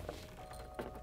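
The plastic connector of the intake air temperature wiring harness extension from an S&B cold air intake kit is handled at the IAT sensor on the intake of a 2015–2020 Ford F-150 EcoBoost V6. Two short, sharp handling knocks sound at about 0.1 s and 0.8 s over a steady background hum. The connector has not seated or clicked yet.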